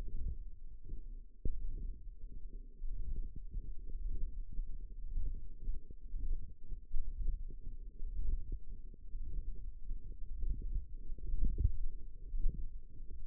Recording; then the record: forearm muscle sounds (acoustic myography)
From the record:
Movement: hand closing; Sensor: system 1, eight BSWA MPA416 microphones around the upper forearm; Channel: 8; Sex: female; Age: 21 years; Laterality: right